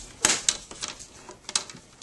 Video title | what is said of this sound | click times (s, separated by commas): Laptop screen replacement / How to replace laptop screen hp probook 4525s | You'll hear it click. | 0.2 s, 0.5 s